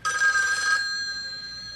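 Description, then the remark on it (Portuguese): A telephone rings with a bright, trilling electronic bell, one sustained burst that cuts off and leaves a fading high-pitched tone ringing out afterward. No voices. “Ouço o telefone tocando em sua vida.”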